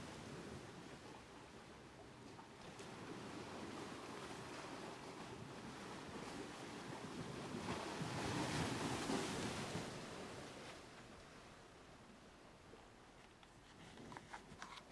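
Waves off Phú Quốc, near Cambodia, wash in with a steady hiss and low rumble. A wave swells to its loudest around eight to ten seconds, then recedes. Faint wind noise and a few small clicks appear toward the end.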